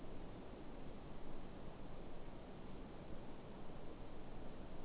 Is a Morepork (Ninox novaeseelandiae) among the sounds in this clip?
no